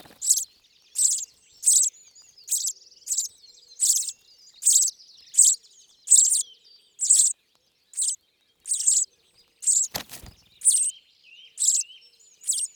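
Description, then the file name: Common chaffinch giving a steady series of sharp, high call notes, a little over one per second, interrupted once by a short low knock. "Fringilla coelebs"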